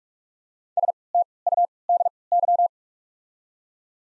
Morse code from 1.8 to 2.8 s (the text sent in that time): D Y